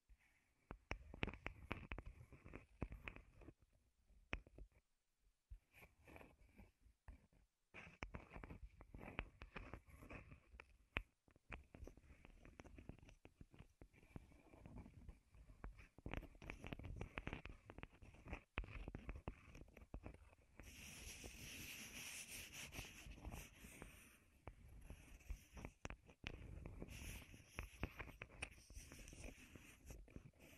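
Wooden tapping and scratching triggers come in dense, irregular bursts of dry clicks and knocks, with short pauses around 5 and 11 seconds. From about 21 to 26 seconds a brighter, hissing scrape takes over before the clicky tapping returns.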